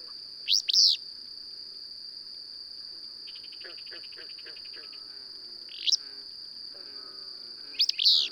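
Bird chirps: short sweeping high notes in bursts near the start, middle and end, over a steady high insect drone and faint softer chirping.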